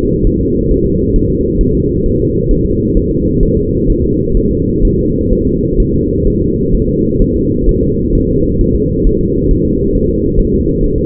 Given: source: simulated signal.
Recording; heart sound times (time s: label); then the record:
fetal heart sounds
0.27 s: S1
0.41 s: S2
0.71 s: S1
0.86 s: S2
1.16 s: S1
1.30 s: S2
1.61 s: S1
1.75 s: S2
2.06 s: S1
2.20 s: S2
2.51 s: S1
2.66 s: S2
2.97 s: S1
3.11 s: S2
3.43 s: S1
3.57 s: S2
3.90 s: S1
4.04 s: S2
4.37 s: S1
4.51 s: S2
4.85 s: S1
4.99 s: S2
5.33 s: S1
5.47 s: S2
5.80 s: S1
5.94 s: S2
6.27 s: S1
6.42 s: S2
6.75 s: S1
6.89 s: S2
7.22 s: S1
7.36 s: S2
7.69 s: S1
7.83 s: S2
8.15 s: S1
8.29 s: S2
8.61 s: S1
8.75 s: S2
9.07 s: S1
9.21 s: S2
9.51 s: S1
9.65 s: S2
9.95 s: S1
10.10 s: S2
10.40 s: S1
10.54 s: S2
10.84 s: S1
10.98 s: S2
From the record:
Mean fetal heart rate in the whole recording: 130 bpm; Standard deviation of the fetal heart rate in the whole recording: 4 bpm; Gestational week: 38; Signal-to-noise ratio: -14.7 dB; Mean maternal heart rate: 72 bpm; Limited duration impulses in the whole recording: present